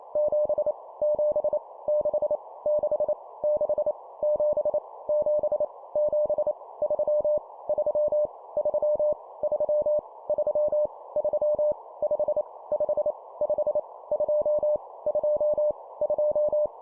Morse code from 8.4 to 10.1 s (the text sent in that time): 3 3